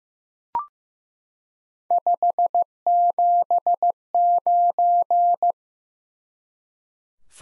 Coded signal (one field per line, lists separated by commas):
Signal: Morse code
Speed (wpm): 15 wpm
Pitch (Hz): 700 Hz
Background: none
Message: 579